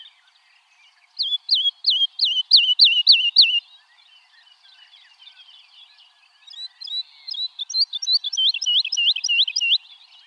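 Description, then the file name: Woodlark song: two phrases of rapid, repeated liquid falling notes at a high pitch, separated by a soft pause. "Alouette lulu"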